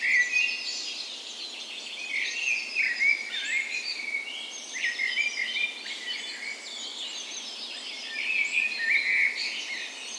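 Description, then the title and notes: Several songbirds singing together at dawn, dense overlapping chirps and warbles, continuous throughout. Recorded in a park west in Bergen, Norway, on the morning of 17 May, Norway's National Day, in spring; Sony PCM A10 recorder with LOM Usi microphones as tree ears. "17th Of May Dawn Chorus. Recorded on the morning of Norways National Day the 17th of May in a park west in Bergen. Spring is in full effect, and the dawn chorus sounds wonderful!"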